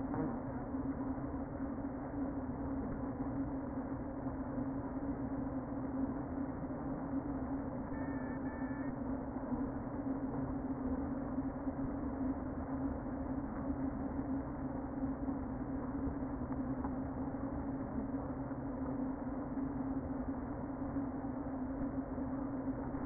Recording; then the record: honeybee colony, microphone inside the hive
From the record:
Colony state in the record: queen present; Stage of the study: before two queens were removed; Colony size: about 60,000 bees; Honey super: yes